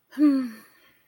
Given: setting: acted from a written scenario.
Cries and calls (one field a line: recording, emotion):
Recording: vocal sound without words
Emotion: contentment